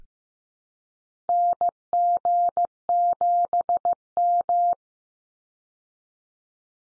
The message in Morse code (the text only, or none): NG7M